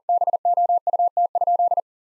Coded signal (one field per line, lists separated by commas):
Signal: Morse code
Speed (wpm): 40 wpm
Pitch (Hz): 700 Hz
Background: none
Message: BOUT?